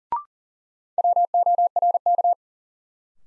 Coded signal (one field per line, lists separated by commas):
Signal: Morse code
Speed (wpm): 40 wpm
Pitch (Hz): 700 Hz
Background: none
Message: WORK